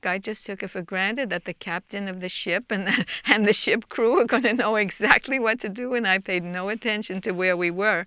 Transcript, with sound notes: I just took it for granted that the captain of the ship and (she laughs) the ship crew are going to know exactly what to do and I paid no attention to where we were.